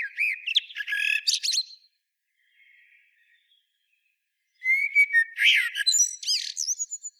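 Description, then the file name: Common blackbird delivering two song phrases, fluty whistled notes mixed with high scratchy twittering, separated by a pause of a few seconds. "Turdus merula"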